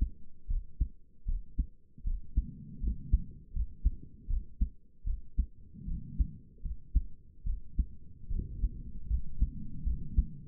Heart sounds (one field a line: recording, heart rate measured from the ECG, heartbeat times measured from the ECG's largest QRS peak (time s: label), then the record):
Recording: heart sounds by stethoscope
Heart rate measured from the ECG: 77 bpm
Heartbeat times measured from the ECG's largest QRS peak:
0.48 s: heartbeat
1.26 s: heartbeat
2.05 s: heartbeat
2.81 s: heartbeat
3.53 s: heartbeat
4.28 s: heartbeat
5.05 s: heartbeat
5.86 s: heartbeat
6.63 s: heartbeat
7.45 s: heartbeat
8.29 s: heartbeat
9.08 s: heartbeat
9.84 s: heartbeat
From the record:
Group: healthy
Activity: rest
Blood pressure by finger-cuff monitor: 87/59 mmHg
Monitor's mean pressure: 68 mmHg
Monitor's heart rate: 77 bpm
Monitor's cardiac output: 6 L/min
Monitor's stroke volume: 78 mL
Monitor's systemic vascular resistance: 780 dyn s/cm5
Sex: female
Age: 22 years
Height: 163 cm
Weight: 67.1 kg